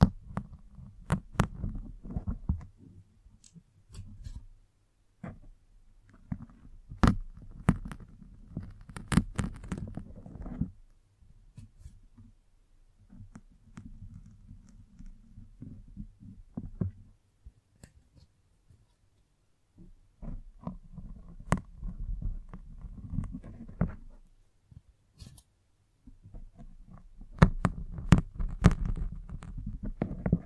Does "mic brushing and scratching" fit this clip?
yes